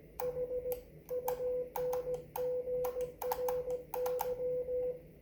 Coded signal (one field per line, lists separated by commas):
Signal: Morse code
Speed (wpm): 16 wpm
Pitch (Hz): 500 Hz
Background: none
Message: HUNGRY